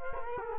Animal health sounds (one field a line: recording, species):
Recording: mosquito wingbeat signal from an infrared sensor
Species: Culex quinquefasciatus